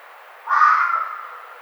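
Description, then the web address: Red fox letting out one short, hoarse, scratchy bark that starts abruptly and tails away. 1 April 2009. "Red Fox 2009 04 01"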